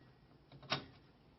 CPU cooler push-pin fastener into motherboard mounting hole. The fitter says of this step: Push down 2 of the fasteners at opposite corners, and you'll hear them snap in.